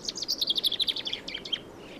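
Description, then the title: Common Chaffinch song: a rapid run of sharp high notes, ending in a few separate notes. Male spring song, used to claim territory, attract females and warn other males. "Viikon luontoääni: Peippo"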